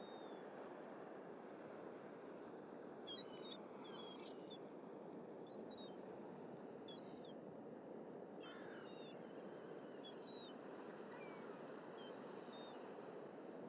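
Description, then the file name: Gull calls: short, bright, yelping cries in a loose cluster near three to five seconds, then scattered single notes, over a constant loud rushing roar. "Seagulls"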